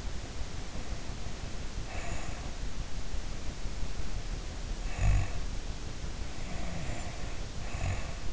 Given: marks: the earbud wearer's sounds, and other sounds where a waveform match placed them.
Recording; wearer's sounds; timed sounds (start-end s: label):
sounds in sleep by an in-ear microphone; breath, snoring breath
0.17-2.61 s: breath
3.13-5.45 s: snoring breath
6.20-8.33 s: snoring breath